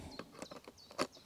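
A Sony 90mm F2.8 macro lens is twisted by hand onto the metal bayonet mount of an extension tube stack on a mirrorless camera. Short, sharp handling ticks and scrapes are heard at about 0.2, 0.4, 0.7 and 1.0 s, with the loudest at 1.0 s. The lens has not yet seated or clicked into place by the end of the clip.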